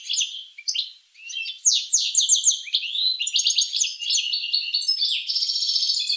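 Finch song: a continuous, hurried jumble of buzzy chirps, sweeping notes and rattling trills, ending in a steady buzzing series.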